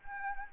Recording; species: mosquito wingbeat signal from an infrared sensor; Anopheles gambiae